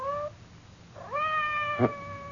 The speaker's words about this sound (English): It sounded like Madame's cat, Francois.